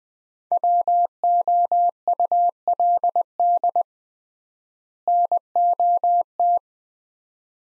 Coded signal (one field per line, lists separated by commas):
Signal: Morse code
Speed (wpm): 20 wpm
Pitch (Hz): 700 Hz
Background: none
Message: WOULD NOT